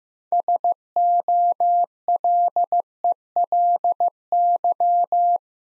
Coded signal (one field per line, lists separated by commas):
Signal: Morse code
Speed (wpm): 15 wpm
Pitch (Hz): 700 Hz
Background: none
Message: SOLELY